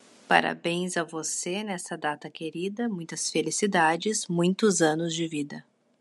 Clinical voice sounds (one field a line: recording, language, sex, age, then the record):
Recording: short text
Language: Brazilian Portuguese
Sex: female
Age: 40 to 49 years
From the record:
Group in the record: control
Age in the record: 42 years